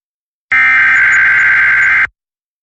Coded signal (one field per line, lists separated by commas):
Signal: Emergency Alert System (SAME) tones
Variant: header bursts